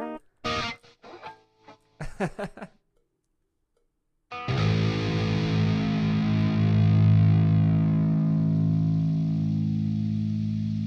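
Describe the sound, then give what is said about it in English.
Electric guitar through a Line 6 HDR effects unit: a few short, choppy distorted stabs, a brief pause, then a loud, heavily distorted chord that rings out and sustains for several seconds. “Are you using XFX for your guitar sound or anything?”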